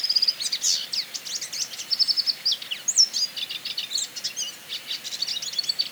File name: Canto do Tarin